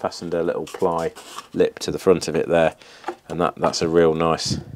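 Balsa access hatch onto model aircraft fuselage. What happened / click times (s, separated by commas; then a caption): No seating click yet, the part is still being handled / none. A balsa battery access hatch with recessed magnets and a small plywood front lip is handled against the fuselage of an RC jet model while someone talks. Nothing has seated or clicked yet; the hatch has not snapped home.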